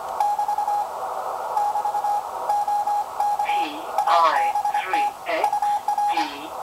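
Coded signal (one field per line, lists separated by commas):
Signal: Morse code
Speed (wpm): 23 wpm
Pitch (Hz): 810 Hz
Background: speech, radio noise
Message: <BT> <BT> OK ABT UR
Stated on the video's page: Received signal compared on an outdoor longwire antenna versus an indoor magnetic loop in an attic.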